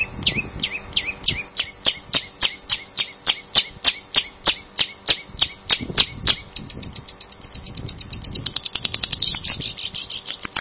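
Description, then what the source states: Long-tailed shrike song: an even series of sharp high notes, about three per second, then quickening into a faster run. Champion-grade songbird.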